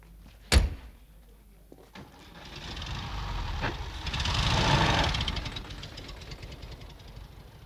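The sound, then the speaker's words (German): A car door slams with a sharp thud, followed by a couple of softer knocks, then an engine starts up and the car carrying the American delegation pulls away into the city, its rumble swelling before easing off. “Die amerikanische Delegation fährt nun in die Stadt.”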